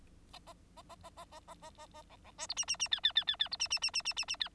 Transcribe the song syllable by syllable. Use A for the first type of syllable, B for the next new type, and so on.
A A A A A A A A A A B B C D E E E F F F F F D E E E E E E E F